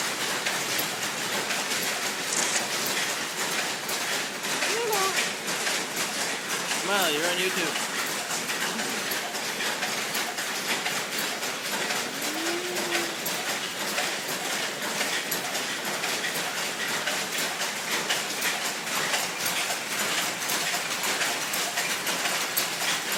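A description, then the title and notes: Rows of punch-card silk looms clatter in a dense, steady mechanical rattle, fast rhythmic clicks running without pause like a rolling train. Brief voices rise over the din around five to eight seconds and again near thirteen seconds. Punch-card silk looms in Hanoi. A visit to a silk-making shop in Ha Dong, near Hanoi, Vietnam. The operators stand around most of the day, tending to rows of cool-looking Jacquard-style punch card looms.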